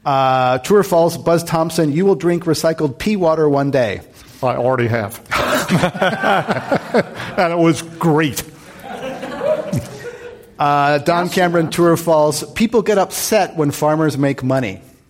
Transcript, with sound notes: True or false. Buzz Thompson, you will drink recycled pee water one day?
I already have.
[Laughter]
And it was great.
Don Cameron, true or false. People get upset when farmers make money?